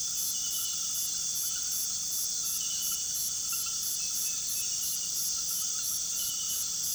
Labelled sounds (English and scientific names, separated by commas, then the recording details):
none
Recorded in pastures near Puerto Asís, Putumayo, Colombia, on 20 February 2024 at 02:00
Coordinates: 0.466, -76.323
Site G6384